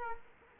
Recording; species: mosquito wingbeat signal from an infrared sensor; Culex quinquefasciatus